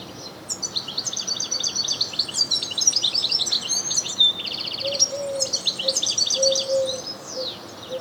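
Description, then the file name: European goldfinch song, a fast, high tinkling twitter with liquid notes and a short buzzy trill near the middle, over a low intermittent tone from about five seconds. "Carduelis carduelis"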